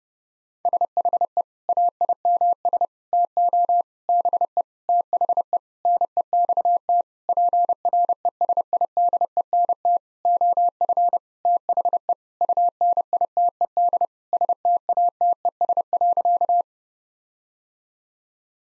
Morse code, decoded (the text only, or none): SHE AIMS TO BE THE NEXT PRESIDENT OF THE UNITED STATES.